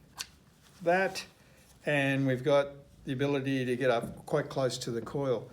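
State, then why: Seated. A fan or straight jet spray nozzle is pushed into the quick-connect fitting on a coil-cleaning spray trigger gun. It seats with a single sharp click at 0.2 s, and then someone talks.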